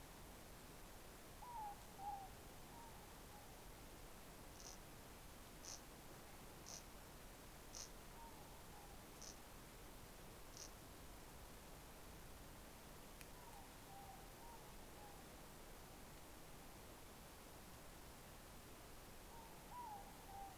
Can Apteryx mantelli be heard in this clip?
no